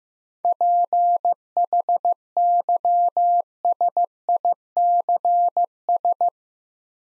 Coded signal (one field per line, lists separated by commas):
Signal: Morse code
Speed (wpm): 15 wpm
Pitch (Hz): 700 Hz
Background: none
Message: PHYSICS